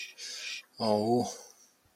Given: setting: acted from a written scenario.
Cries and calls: vocal sound without words; sympathy

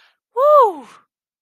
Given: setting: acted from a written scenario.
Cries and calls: vocal sound without words; positive surprise

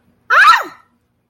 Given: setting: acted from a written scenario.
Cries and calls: vocal sound without words; pain

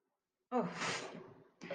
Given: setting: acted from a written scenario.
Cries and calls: vocal sound without words; confusion

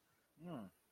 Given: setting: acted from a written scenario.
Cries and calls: vocal sound without words; confusion

